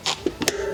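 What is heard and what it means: A click-type torque wrench is tightening a center lock rotor lockring. A soft transient at 0.4 s precedes a mild, sharp click at 0.5 s as the wrench head pivots slightly, confirming the set torque has been reached.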